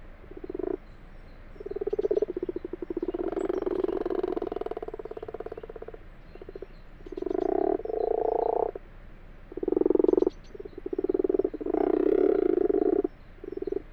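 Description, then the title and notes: Common frogs in a chorus of rattling, purr-like croaks, some long and overlapping, coming in irregular bursts. Common frogs cooing in daytime, 21 February 2020, around 12:00–12:45, in an abandoned water-filled wash house in a field, Fourcinet, Drôme, France; over two weeks early; binaural, Nagra LB. "Fourcinet - Drôme. les Grenouilles rousses (Rana temporia)"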